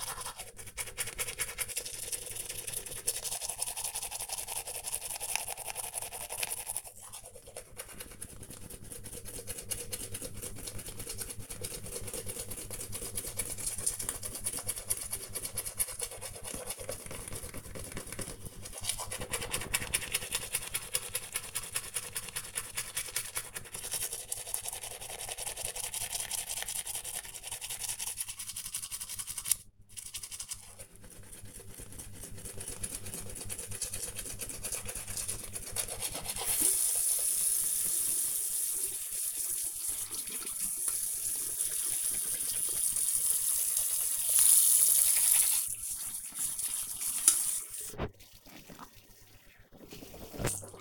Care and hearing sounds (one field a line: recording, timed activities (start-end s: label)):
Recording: household activities, microphone on the right wrist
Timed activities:
0.00-50.81 s: brushing teeth